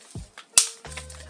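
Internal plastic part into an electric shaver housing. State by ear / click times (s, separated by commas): seated / 0.6 s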